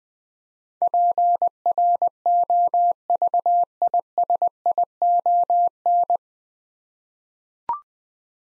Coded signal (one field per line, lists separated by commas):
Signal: Morse code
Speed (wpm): 20 wpm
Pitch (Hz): 700 Hz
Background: none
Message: PROVISION